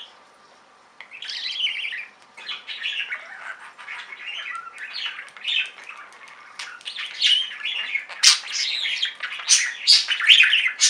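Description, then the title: Budgerigar warbling, a steady stream of rapid squeaky notes growing louder and busier toward the end. "Budgie Sounds"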